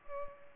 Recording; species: mosquito wingbeat signal from an infrared sensor; Culex pipiens